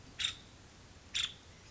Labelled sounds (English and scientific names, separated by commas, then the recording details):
Nuttall's Woodpecker (Dryobates nuttallii)
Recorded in Sonoma County, California